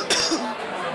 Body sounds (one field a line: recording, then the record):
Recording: coughing mixed with background sound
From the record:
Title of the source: November cold (wet coughing)